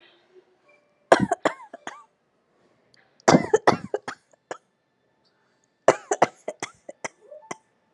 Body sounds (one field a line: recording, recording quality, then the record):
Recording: shallow voluntary cough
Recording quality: excellent, no background noise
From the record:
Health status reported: healthy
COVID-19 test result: not tested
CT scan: not taken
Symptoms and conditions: none ticked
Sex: female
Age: 35 years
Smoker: no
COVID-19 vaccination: one dose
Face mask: not worn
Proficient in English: yes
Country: India